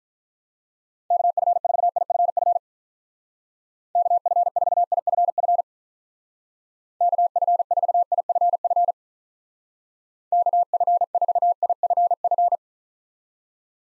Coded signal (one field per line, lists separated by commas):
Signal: Morse code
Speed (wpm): 45 wpm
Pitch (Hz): 700 Hz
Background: none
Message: KF4IFF KF4IFF KF4IFF KF4IFF